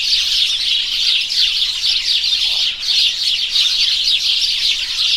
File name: House Sparrow Passer domesticus